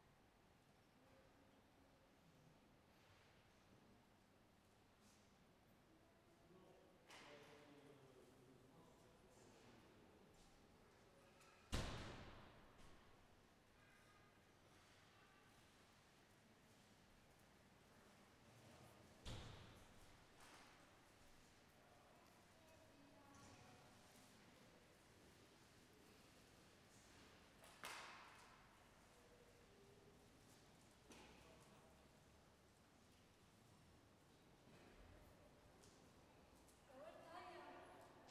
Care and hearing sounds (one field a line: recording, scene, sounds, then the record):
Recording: everyday scene through a hearing-aid microphone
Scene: reverberant space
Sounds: background noise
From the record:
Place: railway station hall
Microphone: behind the ear, left, front